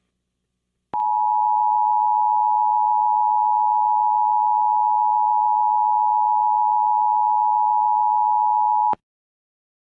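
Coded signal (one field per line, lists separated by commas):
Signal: Emergency Alert System (SAME) tones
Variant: 853 and 960 Hz attention tone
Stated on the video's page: Recreated mock tornado warning using valid tones.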